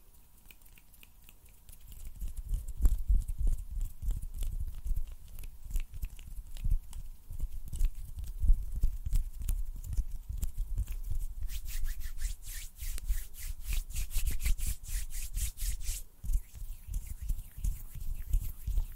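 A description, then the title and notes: Hands rubbing and snapping, starting after a quiet first two seconds. Dense, irregular clicks and low thumps keep up throughout. Around twelve to sixteen seconds the snaps turn sharper and brighter in a fast, steady run, and a faint steady tone hums underneath. ASMR HAND SOUNDS AND SNAPPING - NO TALKING.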